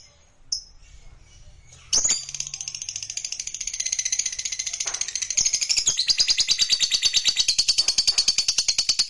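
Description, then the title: Lovebird song opening with a single squeak and a sharp note, then building into a rapid, shrill chattering trill that grows louder and steadier. Meant to stir a lazy lovebird that is reluctant to sing into singing eagerly and spontaneously. "LOVEBIRD Malas Bunyi JADI GREGET SPONTAN Langsung NARIK"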